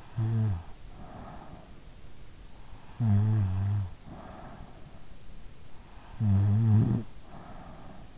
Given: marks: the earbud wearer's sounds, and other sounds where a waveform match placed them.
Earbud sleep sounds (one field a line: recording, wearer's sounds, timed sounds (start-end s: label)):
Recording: sounds in sleep by an in-ear microphone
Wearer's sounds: snoring breath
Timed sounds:
0.08-1.81 s: snoring breath
3.03-4.93 s: snoring breath
6.20-8.18 s: snoring breath